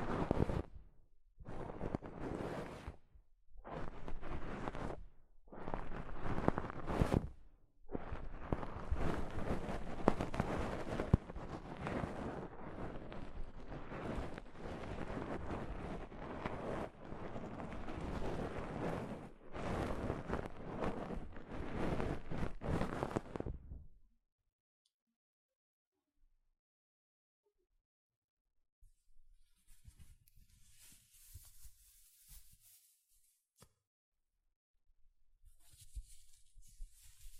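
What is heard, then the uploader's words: Soft fabric brushes against a microphone in bursts of dull rubbing, choppy and stop-start for the first few seconds, then a denser continuous scrubbing until about 24 seconds. After that it is nearly silent, with faint, thin hissy touches near 30 and 36 seconds. ASMR Mic Brushing using Soft Fabric (No Talking).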